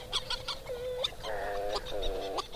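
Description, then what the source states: Hawaiian Petrel calls: nasal, moaning notes with stacked tones, some rising and wavering, overlapping other calls and scattered sharp clicks. Uau, endangered Hawaiian petrel once thought extinct, nesting in burrows within lava tubes under the lava fields of Mauna Loa, an active volcano.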